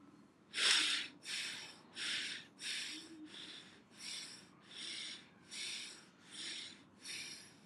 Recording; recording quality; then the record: deep breathing; excellent, no background noise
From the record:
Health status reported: healthy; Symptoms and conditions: none ticked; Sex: male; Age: 32 years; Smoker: not ticked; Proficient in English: yes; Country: India